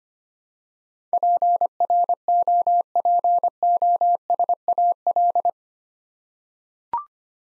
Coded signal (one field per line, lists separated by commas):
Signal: Morse code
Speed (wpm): 25 wpm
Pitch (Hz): 700 Hz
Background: none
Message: PROPOSAL